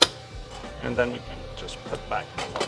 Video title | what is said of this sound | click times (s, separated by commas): "Philips 3200 Series Espresso Machine: Unleashing the Perfect Latte with LatteGo (EP3241/54) | It just does a little click when you go in. Very Close easy. the door. | 0.0 s